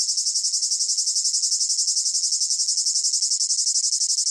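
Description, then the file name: Cicada song: a shrill, high buzzing whine with fast, even pulses throughout, nothing else audible. Recorded close up; rhythmic chirping in long phrases with a piercing whine. "gain walkers CICADA Close Up Rhythmic Chirping Long Phrases Piercing Whine"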